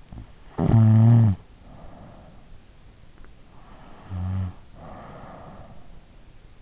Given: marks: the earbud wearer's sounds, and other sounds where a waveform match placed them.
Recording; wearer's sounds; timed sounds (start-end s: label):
sounds in sleep by an in-ear microphone; snoring breath
0.45-2.45 s: snoring breath
3.78-5.95 s: snoring breath